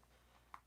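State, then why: Seated. A new plastic twist-up makeup product is twisted up, and its housing locks into its extended position with a single short, sharp click at 0.5 s. Before and after the click, only a faint, steady low background hum is heard.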